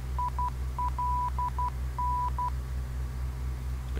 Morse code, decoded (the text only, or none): ILN